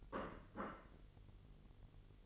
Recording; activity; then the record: daily activity, microphone in the room; place plate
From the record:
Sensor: 4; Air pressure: 1002.9 hPa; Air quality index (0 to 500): 247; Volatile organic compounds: 20 ppm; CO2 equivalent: 2684 ppm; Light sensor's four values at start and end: 5/12/4/5 and 5/12/4/5